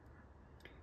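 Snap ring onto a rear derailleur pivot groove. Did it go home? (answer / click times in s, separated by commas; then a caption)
yes / 0.6 s. A metal snap ring is installed with a snap-ring tool onto the pivot groove of a SRAM rear bicycle derailleur to retain a bushing. Against a quiet, steady background, a short, sharp metallic click sounds at 0.6 s. The ring snaps into the groove and is confirmed fully closed and seated.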